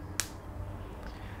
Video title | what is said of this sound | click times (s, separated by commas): Fire Truck Build 消防車を作る - LaQ ラキュー - #askHearns | very solid click so it looks simple but a lot of engineering is involved in here | 0.2 s